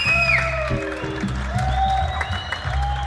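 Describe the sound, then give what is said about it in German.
Sustained applause and scattered cheering from residents in Hamburg's Barmbek Süd district at 9 pm on a Wednesday, thanking care workers during the coronavirus pandemic, with whistles and whoops sliding in pitch over a steady wash of clapping and some low rumbling underneath. “Mit einem kräftigen Applaus bedanken sich die Menschen hier bei denjenigen, die in der Zeit des Coronavirus wertvolle Arbeit leisten.”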